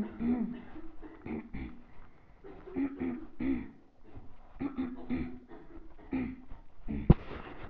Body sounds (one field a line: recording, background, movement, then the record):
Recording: throat clearing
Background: a bystander coughing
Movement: walking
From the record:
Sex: female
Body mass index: 22.6 kg/m2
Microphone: on the chest, facing the body